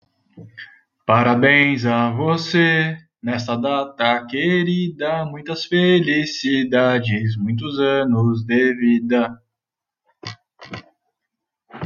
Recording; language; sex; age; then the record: short text; Brazilian Portuguese; male; 30 to 39 years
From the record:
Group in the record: control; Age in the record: 31 years